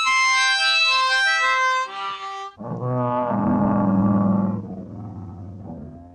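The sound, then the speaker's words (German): A high, shrill harmonic wail gives way to loud, deep, rumbling roaring from three bears attacking a man. The roaring swells for a couple of seconds, then trails off into lower growls. “Brüllend fielen die Tiere über den Großfürsten her.”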